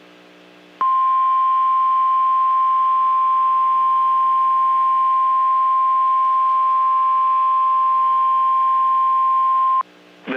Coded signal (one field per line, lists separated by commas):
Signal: Emergency Alert System (SAME) tones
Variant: 1050 Hz attention tone